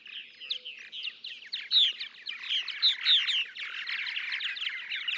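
Purple martin churring, gurgling song, a steady stream of throaty chirps and warbles with a few brighter notes standing out.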